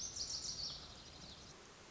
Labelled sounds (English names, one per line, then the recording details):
Lazuli Bunting
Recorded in Sonoma County, California